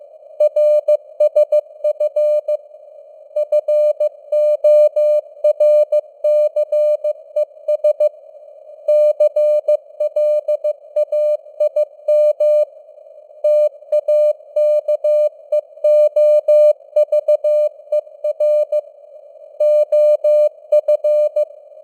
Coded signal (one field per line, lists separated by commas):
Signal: Morse code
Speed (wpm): 15 wpm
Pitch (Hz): 600 Hz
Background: none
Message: RSF FORCES CLAIM TAKEOVER OF